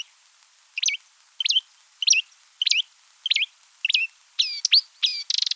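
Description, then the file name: Marsh Warbler song made of one short twisting chirp repeated about every two-thirds of a second, then switching to thin clear whistles and a final quick buzzy rattle. Recorded on 7 July 1984 in a marsh in France. "Rousserolle verderolle 19840707 marais-Frane"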